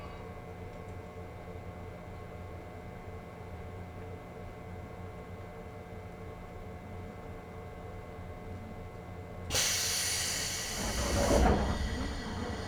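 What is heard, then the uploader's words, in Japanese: A local train on the Chuo East Line runs with a steady low rumble and faint humming tones for about nine seconds. Near the ten-second mark a loud, bright hiss bursts in, then gives way to a heavier, louder rumbling that peaks around eleven seconds and carries on. 中央東線 普通 韮崎→東山梨。韮崎を出てもまだ下り続けて甲府盆地に入ります。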